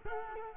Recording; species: mosquito wingbeat signal from an infrared sensor; Culex quinquefasciatus